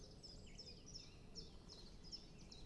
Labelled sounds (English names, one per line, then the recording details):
Great Spotted Woodpecker
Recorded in Germany
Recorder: ecoPi